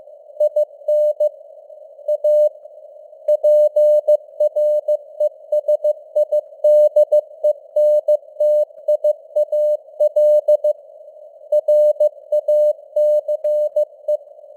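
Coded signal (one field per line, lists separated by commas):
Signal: Morse code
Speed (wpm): 15 wpm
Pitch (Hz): 600 Hz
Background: none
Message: IN A PRESIDENTIAL RACE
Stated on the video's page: News headlines in Morse at 15 wpm with simulated radio noise and varying signal strength (QSB).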